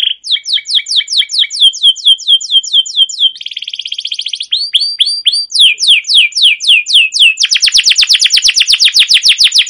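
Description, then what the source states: Canary sings descending whistled chirps, a short buzzy roll, more slurred notes, then a long fast rattling trill to the end. Canary with a long rolling 'ngerol' gacor song and 'cuit cuit' notes, used as a lure and master song to train or provoke other canaries to sing.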